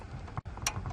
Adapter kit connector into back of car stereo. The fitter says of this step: make sure it clicks